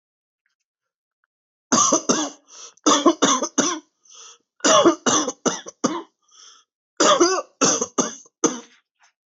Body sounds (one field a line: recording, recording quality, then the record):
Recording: heavy voluntary cough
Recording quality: excellent, no background noise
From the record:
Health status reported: healthy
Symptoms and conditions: diabetes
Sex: male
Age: 39 years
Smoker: yes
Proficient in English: yes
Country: India